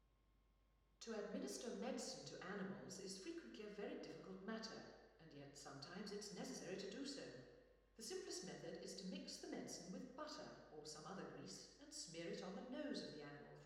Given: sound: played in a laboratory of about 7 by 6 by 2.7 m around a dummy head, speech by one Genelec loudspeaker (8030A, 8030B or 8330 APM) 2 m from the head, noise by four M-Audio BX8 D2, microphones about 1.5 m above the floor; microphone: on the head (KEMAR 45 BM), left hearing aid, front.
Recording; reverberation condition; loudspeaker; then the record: female speech in English; high; 120 degrees to the left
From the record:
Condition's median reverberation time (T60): about 1300 ms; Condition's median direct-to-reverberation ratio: about -4.0 dB